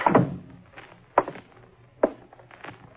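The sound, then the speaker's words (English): Three heavy, uneven footfalls of a person stumbling toward a door thump across a hard floor with faint scuffing between them, followed by a soft rattle of the door being opened. “I stumbled toward the door. The corridor was empty.”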